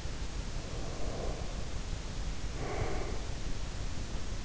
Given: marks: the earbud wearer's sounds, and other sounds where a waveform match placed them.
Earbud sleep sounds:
sounds in sleep by an in-ear microphone; breath
0.48-3.33 s: breath

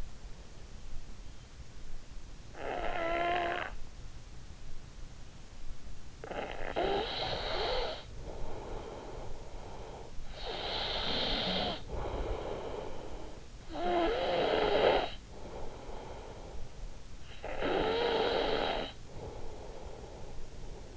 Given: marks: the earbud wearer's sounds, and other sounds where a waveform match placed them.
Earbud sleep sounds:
sounds in sleep by an in-ear microphone; snoring breath
2.19-4.34 s: snoring breath
6.07-20.97 s: snoring breath

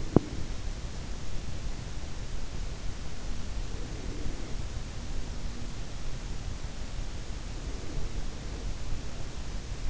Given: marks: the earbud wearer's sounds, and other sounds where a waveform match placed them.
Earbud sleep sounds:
sounds in sleep by an in-ear microphone; teeth grinding, breath
0.00-0.44 s: teeth grinding
3.61-4.79 s: breath
7.56-8.53 s: breath

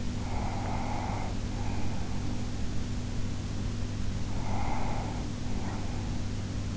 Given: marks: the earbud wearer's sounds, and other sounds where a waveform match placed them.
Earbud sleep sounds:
sounds in sleep by an in-ear microphone; breath
0.00-2.42 s: breath
3.94-6.37 s: breath

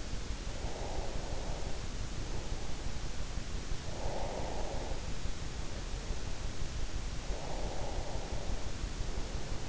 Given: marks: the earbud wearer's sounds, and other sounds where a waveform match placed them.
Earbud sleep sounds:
sounds in sleep by an in-ear microphone; breath
0.40-2.50 s: breath
3.65-5.50 s: breath
7.11-9.69 s: breath

